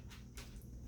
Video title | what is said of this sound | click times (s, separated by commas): How to replace key fob battery Mazda CX-5 | slide along until you hear a click | 0.4 s